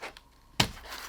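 Two halves of a magnetic wall-mount bracket for an LG G3 OLED TV are pushed from the back and pulled apart. At 0.6 s they separate with a sharp snap, after faint handling noise, and the bracket comes apart.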